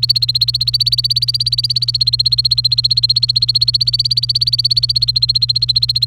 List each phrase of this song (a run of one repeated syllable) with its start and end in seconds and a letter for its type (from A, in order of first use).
0.00-6.05 A